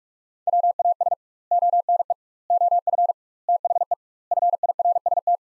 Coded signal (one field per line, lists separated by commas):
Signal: Morse code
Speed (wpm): 47 wpm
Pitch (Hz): 700 Hz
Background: none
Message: WAS ONE OF THE FIRST